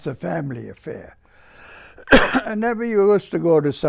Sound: he coughs

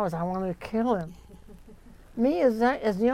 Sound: chuckles

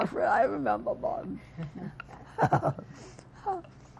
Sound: laughter

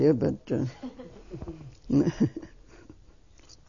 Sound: they laugh

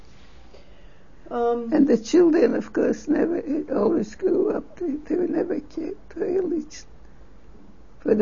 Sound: none

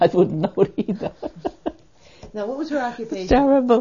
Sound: she laughs

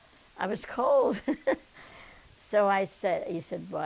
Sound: she laughs

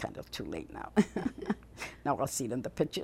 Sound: she laughs

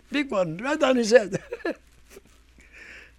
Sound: he laughs

